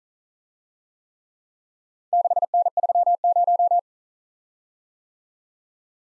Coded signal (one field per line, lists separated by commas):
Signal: Morse code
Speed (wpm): 40 wpm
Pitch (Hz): 700 Hz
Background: none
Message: 6N30